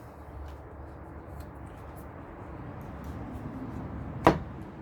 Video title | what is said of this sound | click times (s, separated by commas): Unboxing Ozito PXC multi-function tool | until it locks into place out there | 4.3 s